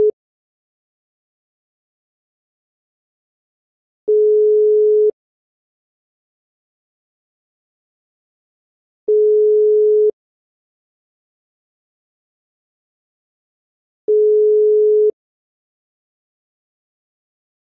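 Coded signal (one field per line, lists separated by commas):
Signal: telephone call progress tone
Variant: Europe, 425 Hz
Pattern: ringback tone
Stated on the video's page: Ringing/ringback call-progress tone used in 66 countries and territories.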